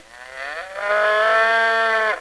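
Cattle: cow mooing: a single long, drawn-out moo that swells and holds steady before ending abruptly, nothing else audible.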